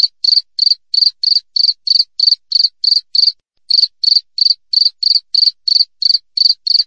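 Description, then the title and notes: Cricket chirps, short buzzy high pulses repeated steadily, one pause near the middle, no other sounds present. Clear wild cricket chirps with tight spacing, used as a tutor recording for training songbirds and for repelling rats. "Masteran Jangkrik Alam Jernih, Jeda Rapat Cocok Untuk Masteran Burung Dan Mengusir Tikus. suara jangkrik"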